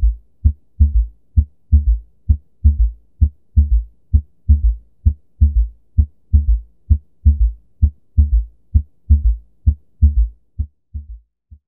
A S3 heart sound is produced during passive left ventricular filling when blood strikes a compliant LV. A S3 heart sound is often a sign of systolic heart failure, however it may sometimes be a normal finding. S3 – “ventricular gallop” Occurs in early diastole Occurs during passive LV filling May be normal at times Requires a very compliant LV Can be a sign of systolic congestive HF.